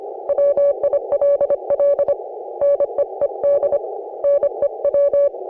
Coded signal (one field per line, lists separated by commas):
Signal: Morse code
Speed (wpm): 30 wpm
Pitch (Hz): 560 Hz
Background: none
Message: WILL NEED NEW